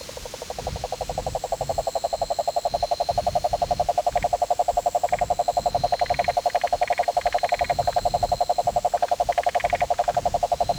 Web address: sounds Rhinella marina